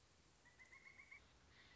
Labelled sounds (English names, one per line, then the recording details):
Pileated Woodpecker
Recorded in Sonoma County, California